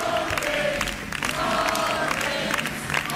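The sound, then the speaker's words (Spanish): On election night in Aragón, a crowd cheers and shouts continuously for Jorge Azcón, a dense wall of voices with rhythmic chanting bursts rising above a steady, loud roar. “Son notas a pie de página de los vítores.”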